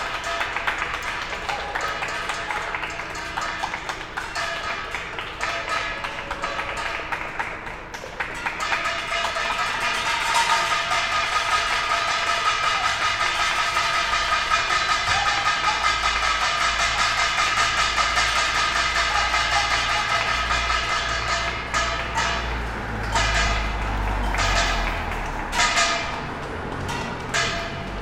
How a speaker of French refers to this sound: Casserole enjouée de ma voisine d'en face, mais les applaudissements sont modérés.